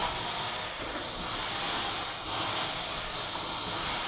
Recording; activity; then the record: daily activity, microphone in the room; vacuum cleaning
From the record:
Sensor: 5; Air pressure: 992.0 hPa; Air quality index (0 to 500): 175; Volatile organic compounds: 621 ppm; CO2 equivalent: 4959 ppm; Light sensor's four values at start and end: 28/99/36/38 and 28/97/36/38